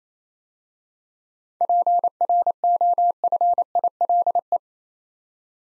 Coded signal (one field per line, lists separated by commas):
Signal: Morse code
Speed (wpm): 28 wpm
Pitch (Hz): 700 Hz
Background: none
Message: PROFILE